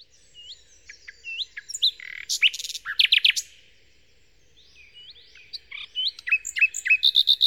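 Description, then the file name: Common nightingale song of varied short whistles, buzzy rattling phrases and quick chirps, with a brief silence before more rapid notes. Song, Kent, 2008. "nightingale-song-recorded-in-kent-2008-by-phil-riddett"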